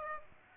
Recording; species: mosquito wingbeat signal from an infrared sensor; Aedes aegypti